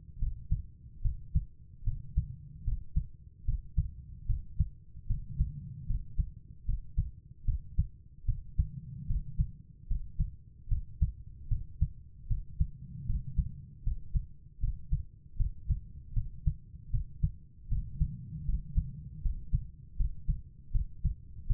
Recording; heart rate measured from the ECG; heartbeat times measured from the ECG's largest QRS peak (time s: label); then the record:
heart sounds by stethoscope; 76 bpm
0.18 s: heartbeat
1.01 s: heartbeat
1.83 s: heartbeat
2.63 s: heartbeat
3.44 s: heartbeat
4.26 s: heartbeat
5.06 s: heartbeat
5.86 s: heartbeat
6.65 s: heartbeat
7.44 s: heartbeat
8.25 s: heartbeat
9.06 s: heartbeat
9.87 s: heartbeat
10.68 s: heartbeat
11.47 s: heartbeat
12.27 s: heartbeat
13.05 s: heartbeat
13.83 s: heartbeat
14.59 s: heartbeat
15.36 s: heartbeat
16.13 s: heartbeat
16.90 s: heartbeat
17.68 s: heartbeat
18.44 s: heartbeat
19.21 s: heartbeat
19.96 s: heartbeat
20.71 s: heartbeat
21.46 s: heartbeat
From the record:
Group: healthy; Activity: rest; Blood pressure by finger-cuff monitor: 108/80 mmHg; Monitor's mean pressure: 89 mmHg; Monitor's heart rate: 75 bpm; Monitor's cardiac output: 5.3 L/min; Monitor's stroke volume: 71 mL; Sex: female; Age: 32 years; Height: 172 cm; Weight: 71.7 kg